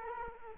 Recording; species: mosquito wingbeat signal from an infrared sensor; Culex quinquefasciatus